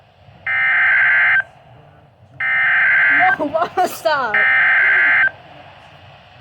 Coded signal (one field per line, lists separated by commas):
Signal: Emergency Alert System (SAME) tones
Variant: header bursts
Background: speech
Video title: STARLESS - EAS Alerts from 4/2/24 #21-37